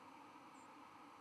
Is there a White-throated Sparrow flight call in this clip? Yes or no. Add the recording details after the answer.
no. Another species' flight call is heard. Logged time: 00:11 on 12 November 2014